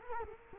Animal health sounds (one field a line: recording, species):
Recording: mosquito wingbeat signal from an infrared sensor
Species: Culex quinquefasciatus